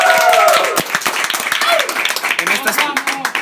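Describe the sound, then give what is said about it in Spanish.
An audience at Sneak Comics in León, Guanajuato breaks into dense, steady applause lasting a few seconds, with scattered cheers and voices rising above the clapping at the start. “Un aplauso para Sneak Comics, por favor.”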